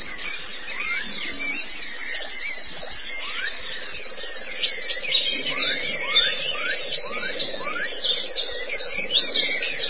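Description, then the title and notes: White-eye song: high, hurried chattering trills with clear falling slurred notes mixed in, over a constant low droning buzz. Long-duration white-eye chirping song. "Kicauan Burung Pleci Durasi Panjang. Suara kicauan burung pleci"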